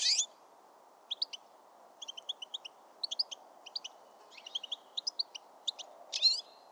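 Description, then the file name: European Goldfinch twittering, clusters of quick high liquid notes in repeated short phrases with a couple of harsher buzzy notes at start and end, over low steady background noise. "Carduelis carduelis"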